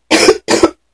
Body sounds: coughing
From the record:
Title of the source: 61 morning phlegmy cough...again

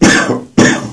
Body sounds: coughing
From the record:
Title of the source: Spring Cold Coughing 3

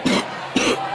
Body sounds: coughing mixed with background sound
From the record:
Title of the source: 60 coughing still (deep and wet cough)

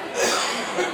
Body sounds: coughing mixed with background sound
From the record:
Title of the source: Spring Cold Coughing 2

